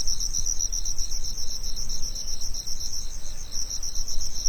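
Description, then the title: Cricket giving rapid, evenly pulsed chirps without pause, with a soft low background hum underneath. Recorded on a summer afternoon. "夏日午后的蟋蟀"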